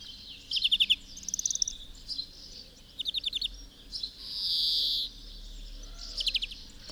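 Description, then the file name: European greenfinch calls, short rapid trilled bursts of clipped notes and one long drawn-out nasal wheeze, over faint low background noise. "Chloris chloris"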